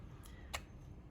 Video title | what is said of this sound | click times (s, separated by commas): 🔥 Dyson Supersonic Hair Dryer: WORTH the Hype? 💇‍♀️ | buse de lissage Se clipse et encore une fois ces buses sont également très | 0.5 s